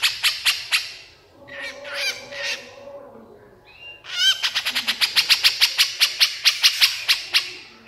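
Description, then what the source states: Horsfield's bush lark song: a few loud clipped notes, a softer warbled passage, then a quick train of sharp repeated chips. Very vigorous song used as a training recording (masteran) for cage birds.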